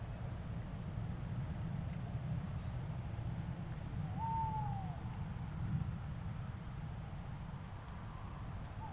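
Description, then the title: Owl giving one drawn-out hoot that falls away at its end, with a short note at the end, all over a continuous low rumble. Owls in Suffolk. "Suffolk Owls Halloween Special"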